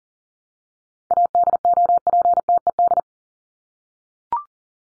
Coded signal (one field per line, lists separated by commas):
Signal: Morse code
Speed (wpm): 40 wpm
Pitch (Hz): 700 Hz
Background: none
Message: ADOPTED